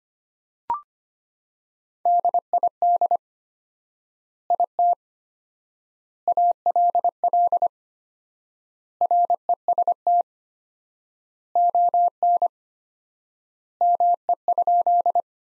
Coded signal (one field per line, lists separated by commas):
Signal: Morse code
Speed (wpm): 25 wpm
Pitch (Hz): 700 Hz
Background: none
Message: DID IT ALL REST ON ME?